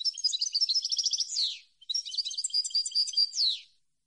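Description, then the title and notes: European goldfinch singing two back-to-back phrases of bright, jangling twitters and trills, each closing with a drawn-out downward slurred note. Clean goldfinch song recording on CD, made for song training of birds to copy. "Cd de canto de jilguero limpio para copia."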